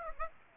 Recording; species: mosquito wingbeat signal from an infrared sensor; Aedes aegypti